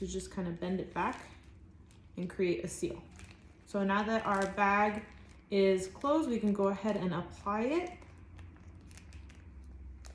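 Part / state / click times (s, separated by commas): colostomy pouch onto skin barrier flange coupling ring / seated / 10.1 s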